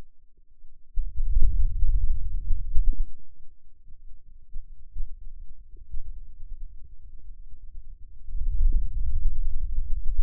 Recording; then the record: forearm muscle sounds (acoustic myography)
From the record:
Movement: hand opening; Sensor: system 2, bracelet of six BSWA MPA416 microphones around the upper forearm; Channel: 3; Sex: male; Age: 22 years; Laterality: right